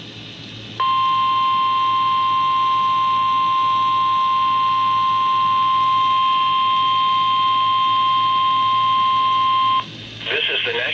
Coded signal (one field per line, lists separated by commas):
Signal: Emergency Alert System (SAME) tones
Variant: 1050 Hz attention tone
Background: speech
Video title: EAS: WXL40 Weekly Test (8/12/20)(EAS #444)